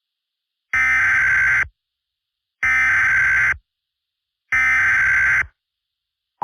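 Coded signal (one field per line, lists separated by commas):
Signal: Emergency Alert System (SAME) tones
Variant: header bursts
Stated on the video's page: SAME tones in a fictional EAS scenario preview.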